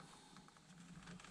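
An airbag connector's plastic locking clip is handled as it goes back into the airbag unit, with faint tapping and plastic handling sounds over a steady low hum. Nothing has seated or clicked yet; the clip is not yet locked into place.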